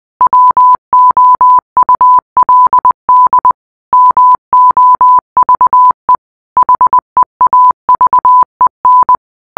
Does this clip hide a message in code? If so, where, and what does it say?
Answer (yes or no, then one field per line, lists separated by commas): yes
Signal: Morse code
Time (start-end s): 0.2-9.2 s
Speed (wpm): 20 wpm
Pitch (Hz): 1000 Hz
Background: none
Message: WOULD MOVE HEAVEN